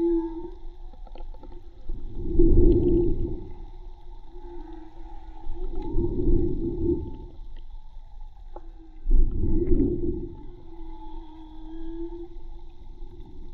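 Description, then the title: Whale song, three loud groaning bursts linked by softer steady moans over low rumble. Recorded with a hydrophone from a boat at Tribugá; hydrophone listening presented as sustainable tourism avoiding disturbance by motorboats. "CANTO DE BALLENAS HIDROFONO MAGMA TRIBUGA J BARCO"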